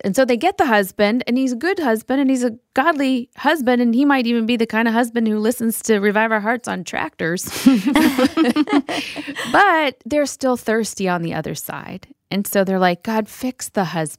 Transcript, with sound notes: So they get the husband, and he’s a good husband, and he’s a godly husband, and he might even be the kind of husband who listens to Revive Our Hearts on tractors! (laughter) But they’re still thirsty on the other side. So they’re like, “God, fix the husband!”